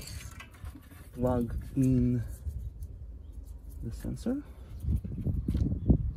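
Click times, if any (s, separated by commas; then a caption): none. A wiring connector plug is handled near the newly installed AC refrigerant pressure sensor on an Audi A6 C7 (2012-2018) while someone talks. Only faint handling ticks and rustles are heard around the speech. The plug has not seated or clicked onto the sensor yet.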